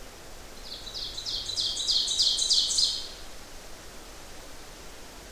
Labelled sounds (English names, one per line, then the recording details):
Ovenbird song
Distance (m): 20 m
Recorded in boreal forest in Alberta, Canada, on 12 June 2016 at 07:14
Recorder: SongMeter 3, array SBT-3-18
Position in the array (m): 121 m, 108 m
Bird 29